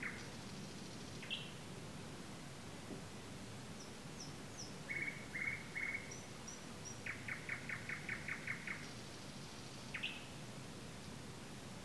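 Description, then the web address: Nightingale singing: a high buzzy rattle, then three long level whistles followed by a fast series of repeated sharp notes and a rising whistle, with steady low background noise. Recorded on 15 May 2022. "slowik-spiew-slowika-15052022"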